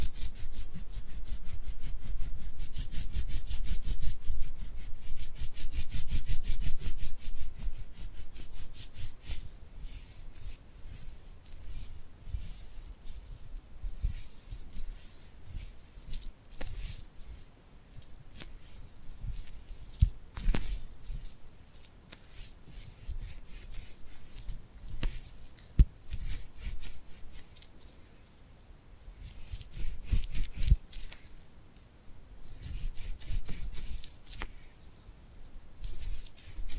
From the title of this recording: Tingly Glued Hand Sounds